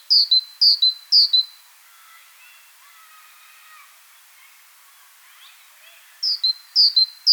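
Great tit giving a sharp repeated call, two groups of three bright descending notes separated by a quiet gap, faint lower bird sounds in between.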